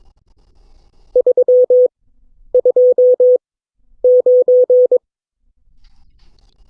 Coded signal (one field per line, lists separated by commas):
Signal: Morse code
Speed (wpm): 22 wpm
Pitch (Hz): 500 Hz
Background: none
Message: 329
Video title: CW Class - Session 8 (2026-03-12)